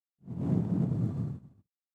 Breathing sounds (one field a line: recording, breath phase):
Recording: one breath near a microphone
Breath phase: exhalation